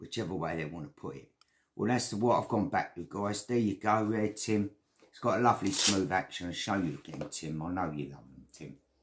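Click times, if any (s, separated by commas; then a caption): none. A Magnum Böker Advance 5 folding pocket knife is handled while someone talks throughout, mentioning its smooth action. The steel liner lock has not yet clicked into place behind the blade; nothing has seated by the end of the clip.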